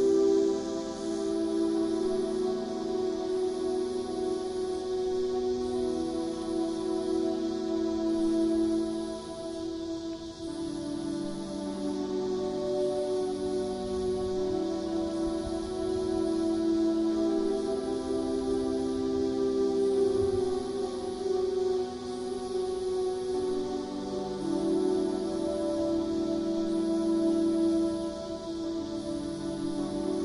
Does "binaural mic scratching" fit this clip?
no